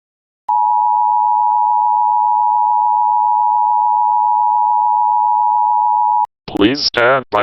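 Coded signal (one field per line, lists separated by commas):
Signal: Emergency Alert System (SAME) tones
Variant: 853 and 960 Hz attention tone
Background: speech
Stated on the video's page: Fictional EAS scenario.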